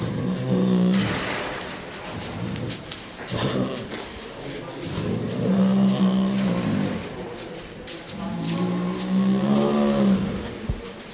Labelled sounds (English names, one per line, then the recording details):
Tiger growling
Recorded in captivity
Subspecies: tigris
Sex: male
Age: adult
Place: Tierpark Berlin, Berlin, DE
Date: 1997-01-12 12:33
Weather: wolkig bis heiter, -5°C
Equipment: Nagra SN, Kopie Uher 4000 Report Monitor
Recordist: Tembrock, Günter
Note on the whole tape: Königstiger (P.t.tigris): Männchen (einzeln) läuft am Gitter hin und her, diverse Laute knurrend (geschlossenes Maul) und mehr offen (stimmhaft), auch Schnaufen (Langlaute - Dehnungslaute)